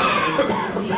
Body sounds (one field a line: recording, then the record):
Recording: coughing mixed with background sound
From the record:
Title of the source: Mid-morning Winter Coughing Fit